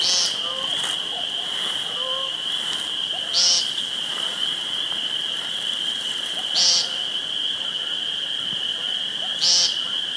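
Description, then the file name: Woodcock giving sharp high squeaks about every three seconds, each with faint low croaking notes, against a constant shrill hum. Recorded 2 June 2013 on a phone. "2013-06-02 Woodcocki Phone"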